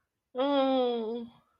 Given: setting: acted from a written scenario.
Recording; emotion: vocal sound without words; distress